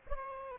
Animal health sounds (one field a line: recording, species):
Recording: mosquito wingbeat signal from an infrared sensor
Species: Aedes aegypti